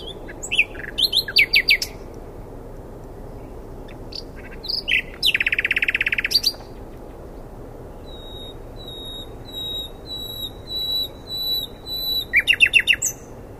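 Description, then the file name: Common nightingale song: bursts of repeated sharp notes, a dense buzzy rattle, then a slow series of thin repeated whistles and a final rapid phrase. "Luscinia megarhynchos"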